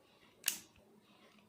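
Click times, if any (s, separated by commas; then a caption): 0.5 s. A GoPro 9 action camera is pushed into its accessory frame or housing and latches in with a single sharp, bright click at 0.5 s, followed only by faint low ticks. The camera is locked in and seated in its frame.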